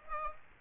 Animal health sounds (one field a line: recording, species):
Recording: mosquito wingbeat signal from an infrared sensor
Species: Aedes aegypti